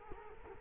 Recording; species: mosquito wingbeat signal from an infrared sensor; Culex quinquefasciatus